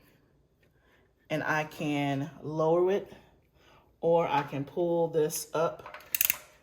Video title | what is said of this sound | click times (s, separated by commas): HOW MANY SEEDS DO I NEED TO START? (MY CROP PLAN) | you can hear the click and raise it up | 6.1 s, 6.2 s, 6.3 s